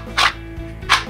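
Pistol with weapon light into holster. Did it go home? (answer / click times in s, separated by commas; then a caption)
no / none. A Taurus G3 pistol with an Olight Baldr S / Baldr Mini weapon light mounted is being handled into a molded holster, which is designed to snap shut so the gun won't fall out when shaken. Two short rustling bursts are heard around 0.2 s and 0.9 s over a steady low hum. Nothing has seated or clicked yet.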